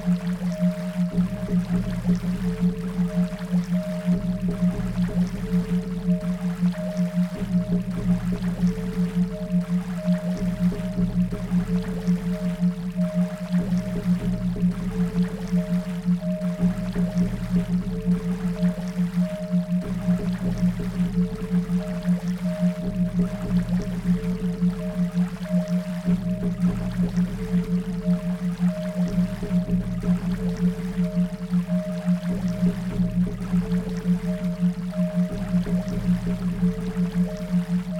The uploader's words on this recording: This meditation includes binaural beats and is best experienced with headphones.